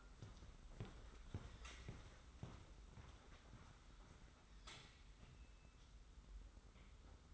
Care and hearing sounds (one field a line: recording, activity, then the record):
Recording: daily activity, microphone in the room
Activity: walk to room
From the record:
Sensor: 3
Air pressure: 991.1 hPa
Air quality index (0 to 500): 103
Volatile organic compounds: 39 ppm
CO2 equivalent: 3128 ppm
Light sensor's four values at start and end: 42/119/48/42 and 44/123/50/44